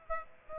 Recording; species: mosquito wingbeat signal from an infrared sensor; Aedes aegypti